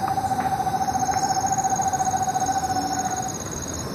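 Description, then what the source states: Foothill Screech Owl giving a rapid, level trill of soft hoots that stops shortly before the end. Recorded in Ecuador.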